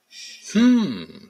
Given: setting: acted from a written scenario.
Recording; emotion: vocal sound without words; interest